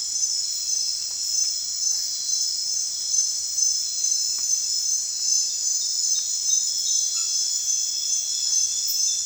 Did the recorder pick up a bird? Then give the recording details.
no. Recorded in secondary vegetation near Puerto Asís, Putumayo, Colombia, on 30 June 2025 at 00:30. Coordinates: 0.498, -76.327. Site GP09